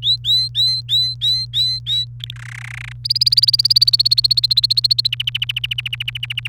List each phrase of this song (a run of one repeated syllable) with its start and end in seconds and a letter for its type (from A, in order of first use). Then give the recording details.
0.02-2.05 A, 2.20-2.35 B, 2.36-2.92 C, 3.04-5.07 D, 5.12-6.48 E. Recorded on 29 April 2018 at 12:47. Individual llb3